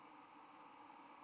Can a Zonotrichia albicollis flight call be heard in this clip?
yes